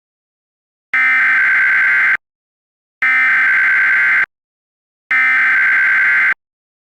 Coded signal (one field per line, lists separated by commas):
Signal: Emergency Alert System (SAME) tones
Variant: header bursts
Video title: EAS Mock: GET THE TIV!!!